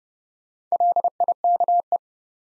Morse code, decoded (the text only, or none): LIKE